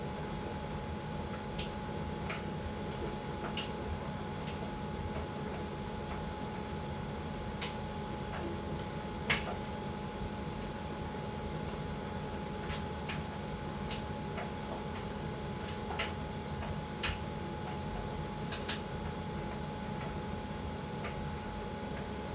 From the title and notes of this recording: Electric dryer white noise. The gentle hum of the dryer. The rhythmic sound of the clothes tumbling and the soft whir of the machine.